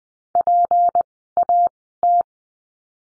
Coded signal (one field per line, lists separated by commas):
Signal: Morse code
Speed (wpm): 20 wpm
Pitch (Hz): 700 Hz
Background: none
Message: PAT